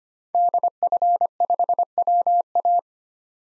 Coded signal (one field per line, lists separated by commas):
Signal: Morse code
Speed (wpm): 25 wpm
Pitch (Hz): 700 Hz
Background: none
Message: DF5WA